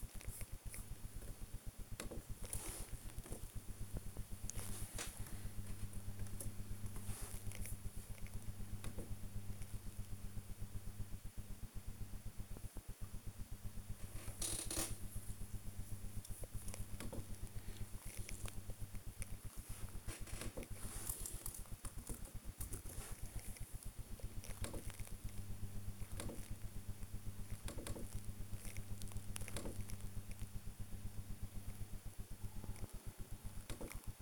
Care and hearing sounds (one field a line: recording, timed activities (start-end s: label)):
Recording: household activities, microphone on the right wrist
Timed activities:
0.00-34.22 s: working on the computer